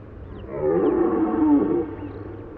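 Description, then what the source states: Red deer bellow: a single hoarse, harmonic roar lasting about a second and a half, fairly steady in pitch before fading, over a faint low background rumble. Rutting bellow (French "brame").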